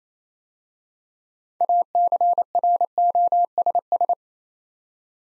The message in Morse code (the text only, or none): ACROSS